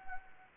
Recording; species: mosquito wingbeat signal from an infrared sensor; Anopheles arabiensis